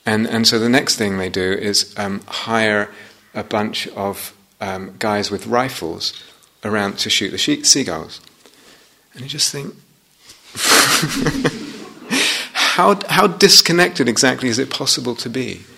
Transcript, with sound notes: And so the next thing they do is hire a bunch of guys with rifles to shoot the seagulls. You just think... [laughter] How disconnected exactly is it possible to be?